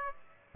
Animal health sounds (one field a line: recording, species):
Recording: mosquito wingbeat signal from an infrared sensor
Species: Aedes aegypti